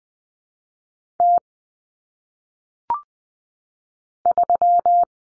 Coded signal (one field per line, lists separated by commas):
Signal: Morse code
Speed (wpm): 20 wpm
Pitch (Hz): 700 Hz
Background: none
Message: T 3